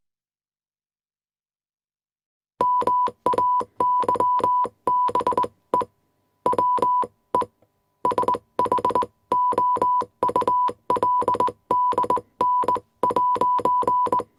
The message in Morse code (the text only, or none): MAYBE WE SHOULDN'